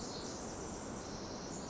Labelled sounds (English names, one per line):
Pacific Wren